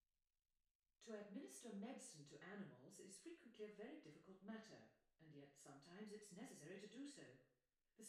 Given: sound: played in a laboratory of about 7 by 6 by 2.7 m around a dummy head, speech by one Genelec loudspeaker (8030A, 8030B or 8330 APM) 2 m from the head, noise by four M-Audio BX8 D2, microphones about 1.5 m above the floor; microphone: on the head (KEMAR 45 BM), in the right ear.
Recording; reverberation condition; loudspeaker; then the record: female speech in English; medium; 60 degrees to the left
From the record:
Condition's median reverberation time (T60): about 510 ms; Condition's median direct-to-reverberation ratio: about -0.5 dB